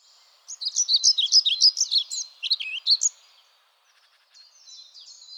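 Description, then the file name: European pied flycatcher song, a quick string of bright, rhythmic notes lasting about two and a half seconds, then a pause and softer high notes. "GOBEMOUCHE NOIR"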